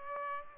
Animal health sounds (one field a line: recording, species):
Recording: mosquito wingbeat signal from an infrared sensor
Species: Culex pipiens